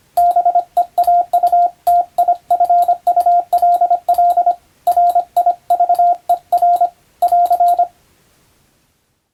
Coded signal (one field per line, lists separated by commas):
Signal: Morse code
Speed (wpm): 25 wpm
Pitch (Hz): 700 Hz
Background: radio noise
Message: BEAUTIFULL RIVER <AR>